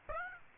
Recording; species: mosquito wingbeat signal from an infrared sensor; Aedes aegypti